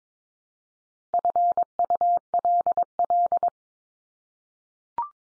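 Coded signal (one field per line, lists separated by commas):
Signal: Morse code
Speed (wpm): 22 wpm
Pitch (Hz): 700 Hz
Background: none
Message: FULL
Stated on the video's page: Top 500 English words at 22 wpm, each sent three times in Morse, then spoken, then sent again, for head-copy practice.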